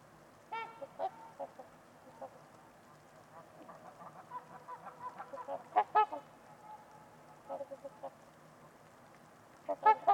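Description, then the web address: Trumpeter swans honking in short nasal bursts, a loose chorus of softer honks in the middle and a louder double honk at the end. Trumpeter swans on a winter's eve at Winters Lake, in a deep, silent winter valley, with distant white noise. "Trumpeter Swans on a Winter's Eve. Winters-Lake-with-Swan. Wind Is the Original Radio"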